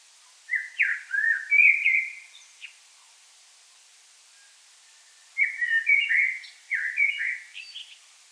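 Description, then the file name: Common blackbird delivering two warbled fluty phrases, the second longer and ending in fainter twittering notes. "Turdus merula"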